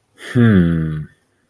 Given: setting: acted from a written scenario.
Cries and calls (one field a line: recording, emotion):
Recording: vocal sound without words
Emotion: confusion